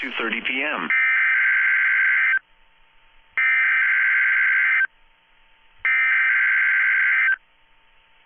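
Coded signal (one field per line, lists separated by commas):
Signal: Emergency Alert System (SAME) tones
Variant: header bursts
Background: speech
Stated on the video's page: Weekly test SAME tones from NOAA Weather Radio.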